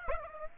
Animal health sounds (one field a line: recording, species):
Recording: mosquito wingbeat signal from an infrared sensor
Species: Aedes aegypti